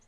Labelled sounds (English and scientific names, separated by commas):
Lucy's Warbler (Leiothlypis luciae) flight call